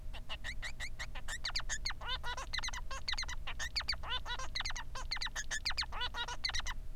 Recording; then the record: song of a male Bengalese finch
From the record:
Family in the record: son of father 3